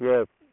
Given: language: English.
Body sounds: throat vibration sensor signal played as sound; speech

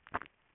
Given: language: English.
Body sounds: throat vibration sensor signal played as sound; swallow

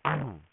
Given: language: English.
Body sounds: throat vibration sensor signal played as sound; throat clearing

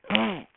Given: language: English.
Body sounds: throat vibration sensor signal played as sound; throat clearing

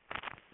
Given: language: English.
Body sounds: throat vibration sensor signal played as sound; swallow

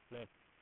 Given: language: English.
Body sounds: throat vibration sensor signal played as sound; speech

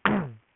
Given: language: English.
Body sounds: throat vibration sensor signal played as sound; throat clearing

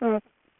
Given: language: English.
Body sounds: throat vibration sensor signal played as sound; speech

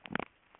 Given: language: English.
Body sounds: throat vibration sensor signal played as sound; swallow

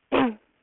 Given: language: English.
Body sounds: throat vibration sensor signal played as sound; throat clearing

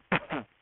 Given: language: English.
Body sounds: throat vibration sensor signal played as sound; cough

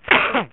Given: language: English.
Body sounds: throat vibration sensor signal played as sound; cough

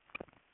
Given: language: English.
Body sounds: throat vibration sensor signal played as sound; swallow

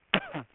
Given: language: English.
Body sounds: throat vibration sensor signal played as sound; cough

